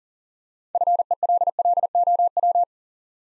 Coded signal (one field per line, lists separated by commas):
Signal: Morse code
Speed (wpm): 40 wpm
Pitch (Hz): 700 Hz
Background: none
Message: FELLOW